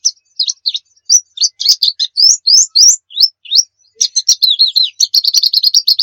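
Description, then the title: White-eye song: lively high twitters of rising and falling slurs, ending in a rapid, run-together series of chirps. Muria-type white-eye (pleci Muria) singing actively (gacor); Indonesian masteran recording used to train caged songbirds to sing. "nightingale masteran. Pleci Muria Gacor"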